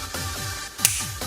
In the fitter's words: Got that nice firm click into place.